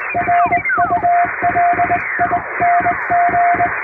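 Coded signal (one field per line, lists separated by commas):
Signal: Morse code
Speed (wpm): 20 wpm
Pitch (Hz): 700 Hz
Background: music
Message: RULING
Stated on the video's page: English CW sent by hand by a first-class radiotelegraph operator on an HK-808 vertical straight key, as live Morse for receiving practice.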